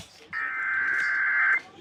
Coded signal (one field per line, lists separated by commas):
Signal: Emergency Alert System (SAME) tones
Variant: header bursts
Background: speech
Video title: I was under a severe thunderstorm warning?!